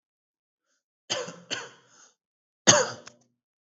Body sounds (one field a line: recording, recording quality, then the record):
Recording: shallow voluntary cough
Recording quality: excellent, no background noise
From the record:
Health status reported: healthy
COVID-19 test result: negative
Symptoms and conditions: cough, sore throat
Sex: male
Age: 27 years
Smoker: yes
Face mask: not worn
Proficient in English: yes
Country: India